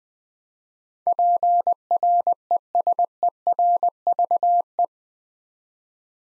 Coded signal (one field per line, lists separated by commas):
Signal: Morse code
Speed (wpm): 20 wpm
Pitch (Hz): 700 Hz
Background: none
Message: PRESERVE